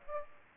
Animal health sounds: mosquito wingbeat signal from an infrared sensor; Aedes aegypti

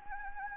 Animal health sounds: mosquito wingbeat signal from an infrared sensor; Anopheles gambiae

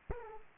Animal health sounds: mosquito wingbeat signal from an infrared sensor; Aedes aegypti

